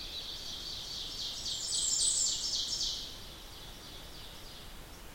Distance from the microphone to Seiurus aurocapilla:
about 45 m